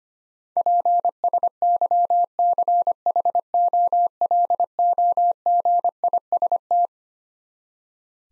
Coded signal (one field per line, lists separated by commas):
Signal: Morse code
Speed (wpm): 25 wpm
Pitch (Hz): 700 Hz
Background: none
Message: PSYCHOLOGIST